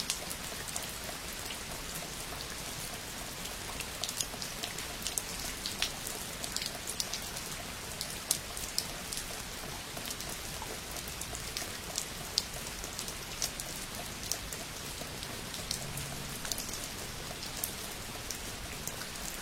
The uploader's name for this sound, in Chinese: 屋檐 水滴 三分雨